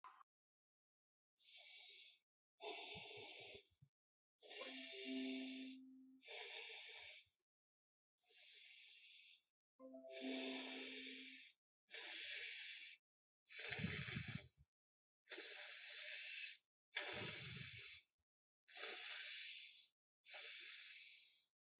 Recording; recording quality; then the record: deep breathing; excellent, no background noise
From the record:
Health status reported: COVID-19 positive, mild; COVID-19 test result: positive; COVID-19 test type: RT-PCR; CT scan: not taken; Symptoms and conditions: cough, cold, fever, fatigue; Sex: male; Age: 26 years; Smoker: no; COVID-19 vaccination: both doses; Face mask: not worn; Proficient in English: yes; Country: India